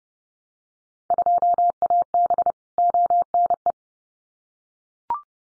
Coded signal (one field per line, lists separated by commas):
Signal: Morse code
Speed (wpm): 30 wpm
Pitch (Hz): 700 Hz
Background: none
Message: 2AB ONE